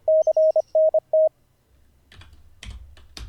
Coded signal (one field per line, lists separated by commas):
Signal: Morse code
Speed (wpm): 25 wpm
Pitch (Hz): 630 Hz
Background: none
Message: CNT